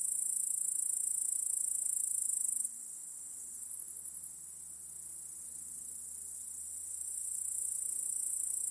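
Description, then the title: Crickets trilling in a thin, high-pitched chorus that softens after a few seconds, then gradually swells back. Cricket chorus in a home backyard at night. "Crickets in Your Backyard 🏡. Discovering the Sounds of Home"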